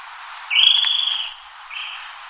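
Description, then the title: Short-crested flycatcher call: a sustained whistle lasting nearly a second, then a softer, shorter whistled note after a brief pause. "LuckyPassaro Completos2Sama. Short-crested Flycatcher (Myiarchus ferox)"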